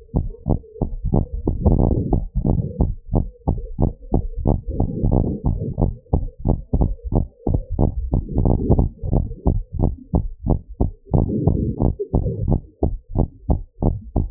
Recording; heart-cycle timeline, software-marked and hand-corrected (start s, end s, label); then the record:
heart sounds
0.00	0.15	systole
0.15	0.27	S2
0.27	0.49	diastole
0.49	0.59	S1
0.59	0.81	systole
0.81	0.89	S2
0.89	1.11	diastole
1.11	1.23	S1
1.23	1.39	systole
1.39	1.45	S2
1.45	1.63	diastole
1.63	1.81	S1
1.81	2.07	systole
2.07	2.21	S2
2.21	2.45	diastole
2.45	2.57	S1
2.57	2.79	systole
2.79	2.91	S2
2.91	3.15	diastole
3.15	3.27	S1
3.27	3.49	systole
3.49	3.59	S2
3.59	3.81	diastole
3.81	3.91	S1
3.91	4.13	systole
4.13	4.25	S2
4.25	4.47	diastole
4.47	4.57	S1
4.57	4.77	systole
4.77	4.87	S2
4.87	5.09	diastole
5.09	5.25	S1
5.25	5.47	systole
5.47	5.59	S2
5.59	5.83	diastole
5.83	5.93	S1
5.93	6.13	systole
6.13	6.25	S2
6.25	6.47	diastole
6.47	6.59	S1
6.59	6.81	systole
6.81	6.93	S2
6.93	7.15	diastole
7.15	7.27	S1
7.27	7.51	systole
7.51	7.61	S2
7.61	7.81	diastole
7.81	7.91	S1
7.91	8.11	systole
8.11	8.21	S2
8.21	8.41	diastole
8.41	8.55	S1
8.55	8.71	systole
8.71	8.87	S2
8.87	9.11	diastole
9.11	9.27	S1
9.27	9.47	systole
9.47	9.59	S2
9.59	9.81	diastole
9.81	9.95	S1
9.95	10.15	systole
10.15	10.27	S2
10.27	10.49	diastole
10.49	10.59	S1
10.59	10.81	systole
10.81	10.91	S2
10.91	11.15	diastole
11.15	11.27	S1
11.27	11.45	systole
11.45	11.59	S2
11.59	11.81	diastole
11.81	11.93	S1
11.93	12.15	systole
12.15	12.25	S2
12.25	12.49	diastole
12.49	12.61	S1
12.61	12.83	systole
12.83	12.93	S2
12.93	13.17	diastole
13.17	13.27	S1
13.27	13.49	systole
13.49	13.61	S2
13.61	13.83	diastole
13.83	13.95	S1
13.95	14.15	systole
14.15	14.27	S2
14.27	14.31	diastole
From the record:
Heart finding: normal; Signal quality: good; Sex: female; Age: 70 years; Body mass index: 28.2